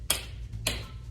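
On a Convaid Cruiser folding wheelchair, the pin-lock brake is engaged and its pin drops into one of the small holes on the wheel with a sharp click at 0.1 s. A second, slightly softer click follows at 0.7 s over a low steady hum. The brake pin is seated and the wheel is locked.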